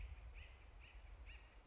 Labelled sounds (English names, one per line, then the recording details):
Acorn Woodpecker
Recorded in Sonoma County, California